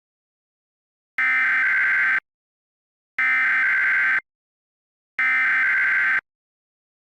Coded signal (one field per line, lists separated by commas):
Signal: Emergency Alert System (SAME) tones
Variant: header bursts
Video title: EAS Scenario - Diablo Canyon